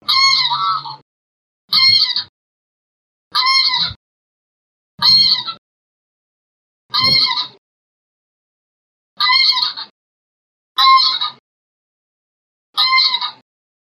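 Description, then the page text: Greylag goose honking: eight short, nasal, harmonic calls spaced about every one and a half to two and a half seconds, with silence between. Gander giving the landing call. "Серый гусь - Осадка гусака"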